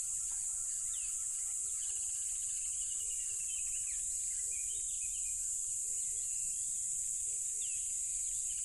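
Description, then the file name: Crickets in a dense, unbroken high trill, with paired low notes repeated several times and soft bird calls. Loud crickets beside a tropical river. "smartsound ATMO NATURE Tropical River Loud Crickets"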